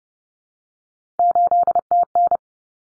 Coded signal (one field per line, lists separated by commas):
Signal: Morse code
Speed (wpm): 30 wpm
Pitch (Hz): 700 Hz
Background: none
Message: 8TN